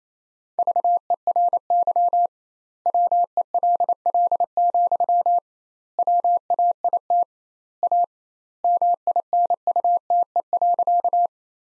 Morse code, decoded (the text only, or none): VERY WELL, WAIT A MINUTE.